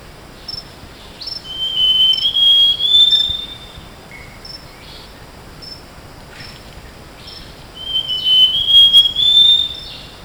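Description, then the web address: Bird song: two long, thin, high whistled phrases that rise slightly, several seconds apart, with a few short faint notes over a steady hiss of background noise. Recorded in tropical Asia. "Birdsongs Site Tropical Asia"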